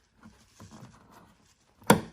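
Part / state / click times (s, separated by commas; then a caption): gas strut end socket onto trunk ball stud / seated / 1.9 s. A Corvette's gas trunk support strut has the lower end socket of its fitting pushed by hand onto the ball stud, with the barrel of the strut up. Faint handling and rustling sounds lead to one sharp, loud click at 1.9 s as the socket snaps on. It seats nice and tight.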